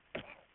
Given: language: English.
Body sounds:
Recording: throat vibration sensor signal played as sound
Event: cough

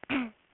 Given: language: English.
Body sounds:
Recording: throat vibration sensor signal played as sound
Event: throat clearing

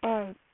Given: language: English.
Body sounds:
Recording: throat vibration sensor signal played as sound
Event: speech

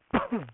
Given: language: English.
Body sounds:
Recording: throat vibration sensor signal played as sound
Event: cough

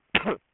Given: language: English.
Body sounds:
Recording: throat vibration sensor signal played as sound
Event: cough

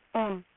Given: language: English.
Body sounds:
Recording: throat vibration sensor signal played as sound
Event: speech

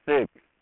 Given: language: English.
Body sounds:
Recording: throat vibration sensor signal played as sound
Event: speech

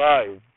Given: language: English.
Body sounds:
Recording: throat vibration sensor signal played as sound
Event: speech

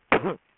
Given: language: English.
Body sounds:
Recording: throat vibration sensor signal played as sound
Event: cough

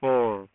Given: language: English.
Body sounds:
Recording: throat vibration sensor signal played as sound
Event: speech

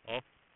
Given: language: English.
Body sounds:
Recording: throat vibration sensor signal played as sound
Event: speech

